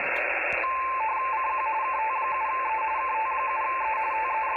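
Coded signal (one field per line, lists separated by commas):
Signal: RTTY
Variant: 170 Hz shift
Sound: rapid warbling between two close tones around 1 kHz, over steady radio hiss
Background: radio static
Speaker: this is kilowatt tango seven Ethel in Oregon and he's calling c.q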